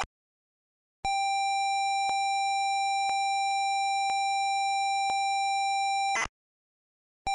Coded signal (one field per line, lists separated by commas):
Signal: ZX Spectrum tape loading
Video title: ROMU6 Sinclair ZX Spectrum emulator for MSX (tape loading)